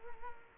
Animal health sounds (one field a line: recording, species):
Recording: mosquito wingbeat signal from an infrared sensor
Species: Culex quinquefasciatus